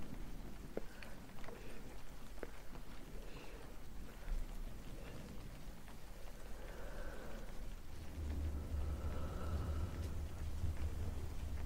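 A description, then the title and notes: Brushing across a fluffy microphone makes a dense, steady rain-like patter with scattered sharp taps, and a deeper rumble swells in after eight seconds. Face brushing, fluffy mic, rain.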